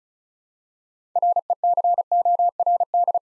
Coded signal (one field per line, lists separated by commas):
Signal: Morse code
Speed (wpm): 36 wpm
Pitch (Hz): 700 Hz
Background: none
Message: RECORD